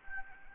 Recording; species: mosquito wingbeat signal from an infrared sensor; Anopheles gambiae